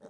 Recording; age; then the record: pig call; piglet (1 to 25 days)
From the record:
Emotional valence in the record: negative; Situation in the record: short isolation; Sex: male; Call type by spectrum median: low-frequency call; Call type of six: low-frequency tonal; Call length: 0.10 s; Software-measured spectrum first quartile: 333 Hz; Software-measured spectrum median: 506 Hz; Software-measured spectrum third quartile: 721 Hz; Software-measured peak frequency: 569 Hz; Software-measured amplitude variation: 130 dB a second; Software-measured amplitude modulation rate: 4.9 a second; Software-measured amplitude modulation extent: 26.3 dB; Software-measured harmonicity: 2.4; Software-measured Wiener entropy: 0.20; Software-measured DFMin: 925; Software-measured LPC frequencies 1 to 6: 532, 1607, 3743, 5854, 6427, 8189 Hz